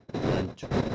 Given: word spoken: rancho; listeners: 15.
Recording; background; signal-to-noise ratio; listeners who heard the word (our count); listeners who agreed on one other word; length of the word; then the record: one Spanish word in noise, from a listening test; noise modulated by one talker; -7.8 dB; 1 of 15; 9 of 15; 0.56 s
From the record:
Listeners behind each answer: 9, 3, 1, 1, 1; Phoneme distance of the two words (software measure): 7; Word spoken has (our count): 2 syllables, 5 phonemes, stress on syllable 1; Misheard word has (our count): 2 syllables, 4 phonemes, stress on syllable 1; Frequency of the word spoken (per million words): 7.65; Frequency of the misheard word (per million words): 22.37